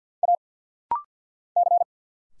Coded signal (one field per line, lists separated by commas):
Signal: Morse code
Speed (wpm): 50 wpm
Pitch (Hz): 700 Hz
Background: none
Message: A C